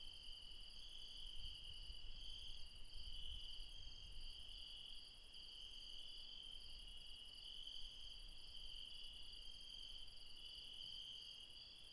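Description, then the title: Night insects keep up a steady, high ringing trill with rapid pulses above, while soft low rumbles come and go underneath. Insects calling late at night in the mountains at Refuge Krevatia, Dion, Greece. "Refuge Krevatia, Μπαρμπαλά, Dion 601 00, Greece - Late night mountain insects"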